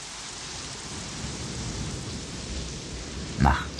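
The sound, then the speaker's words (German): Heavy, unceasing tropical rain pours down on an island in a steady, dense hiss that fills the whole stretch, broken near the end by a short, louder rumbling burst. “Wochen, Monate überleben sie dort wie Schiffbrüchige, im Kampf gegen giftige Schlangen, Mücken und den unaufhörlichen Tropenregen.”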